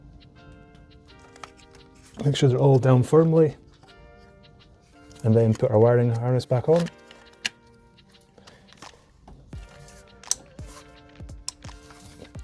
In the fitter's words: hear positive clicks for each one apart from when it's broken